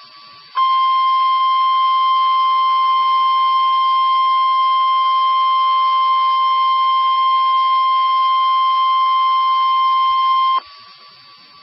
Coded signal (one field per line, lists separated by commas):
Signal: Emergency Alert System (SAME) tones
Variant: 1050 Hz attention tone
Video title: EAS Alert #69- Severe T-storm Warning 10/7/11